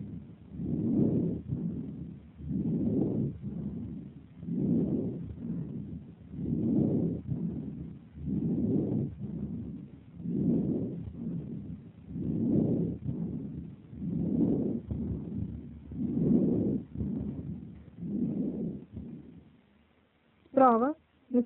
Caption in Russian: У пациента с первичным туберкулезным комплексом в верхней доле правого легкого. Слева, в подключичной области из-за сопутствующего бронхита выслушивается жесткое дыхание.